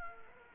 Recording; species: mosquito wingbeat signal from an infrared sensor; Culex quinquefasciatus